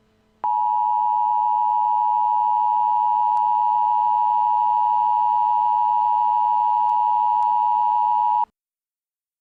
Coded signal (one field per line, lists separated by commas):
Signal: Emergency Alert System (SAME) tones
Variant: 853 and 960 Hz attention tone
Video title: [EAS Scenario] Technological Takeover Part 1